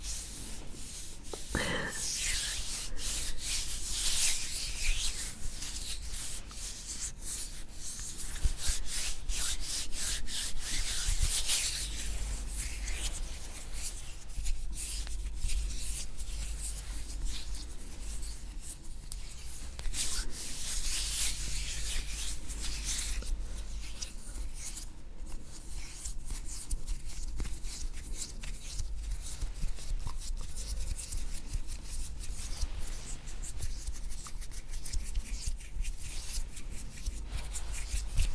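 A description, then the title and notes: Oily hands rub together in a steady, dense stream of slick, bright friction with brief squelches, over a low constant hum. ASMR Oil Hand Skin Sounds.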